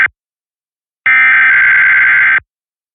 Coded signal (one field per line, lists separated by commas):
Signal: Emergency Alert System (SAME) tones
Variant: header bursts